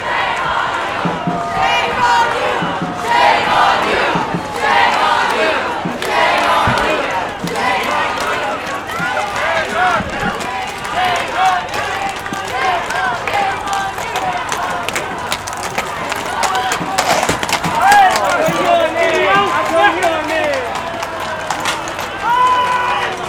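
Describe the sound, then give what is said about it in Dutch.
Police horses' hooves clatter on hard ground in sharp irregular bursts as they charge back and forth over the sidewalk to drive people away at a banned Palestine demonstration on the Dam, while a large crowd shouts, yells and scrambles loudly throughout. “Ze zijn nou heen en weer aan het rennen over de stoep met die paarden om gewoon mensen weg te jagen.”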